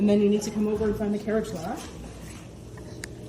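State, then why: Released. A woman talks, then a single sharp, short hit sounds at 3.0 s as she moves the carriage lock lever back to unlocked on an old plastic 1977 Kmart Brother Deluxe 100 portable typewriter. The carriage is freed and ready to go.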